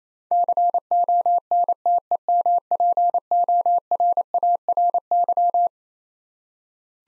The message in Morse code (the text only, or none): CONTEMPORARY